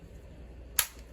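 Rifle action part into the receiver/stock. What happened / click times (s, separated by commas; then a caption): A metal rifle part snaps into place / 0.8 s. During reassembly of a Mini-30 rifle, a metal part of the action is pushed down into the receiver/stock. Faint low background noise is broken by a single sharp, bright click at 0.8 s, and the part is seated in place.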